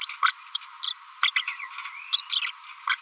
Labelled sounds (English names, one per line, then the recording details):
Green-rumped Parrotlet babbling
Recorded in a nest box in Venezuela
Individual 18B25A3